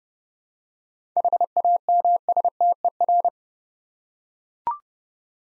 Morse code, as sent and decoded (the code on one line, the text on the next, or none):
.... .- -- ... - . .-.
HAMSTER